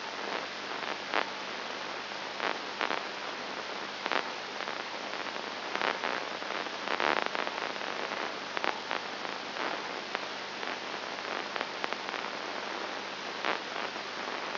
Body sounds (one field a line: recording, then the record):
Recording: brain microelectrode recording played as sound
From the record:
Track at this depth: inside the subthalamic nucleus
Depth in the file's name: 1.904 mm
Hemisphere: left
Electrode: 2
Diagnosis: Parkinson's disease